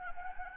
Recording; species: mosquito wingbeat signal from an infrared sensor; Anopheles gambiae